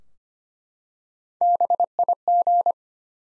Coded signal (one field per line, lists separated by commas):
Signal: Morse code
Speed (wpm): 25 wpm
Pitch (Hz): 700 Hz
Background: none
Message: BIG